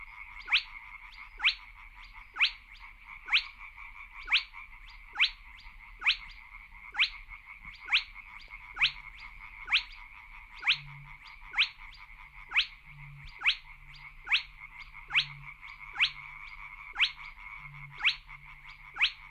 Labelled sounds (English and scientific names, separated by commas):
Spotted Crake (Porzana porzana)